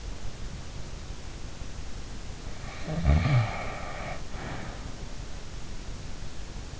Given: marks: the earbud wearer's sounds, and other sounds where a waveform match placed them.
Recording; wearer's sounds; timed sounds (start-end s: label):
sounds in sleep by an in-ear microphone; snoring breath
2.91-4.85 s: snoring breath